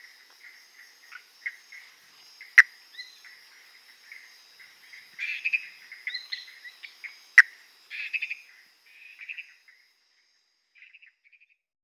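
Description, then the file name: Tiger-striped leaf frog calling with short, dry clucking notes in irregular clusters, plus two sharp loud clicks and a faint steady high tone. "Phyllomedusa tomopterna"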